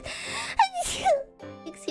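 A brief squeaky voiced intake builds into one sharp, hissing burst of air, then a short voiced tail fades out. It is a single sneeze by an adult woman, an ordinary reflex clearing of the nose.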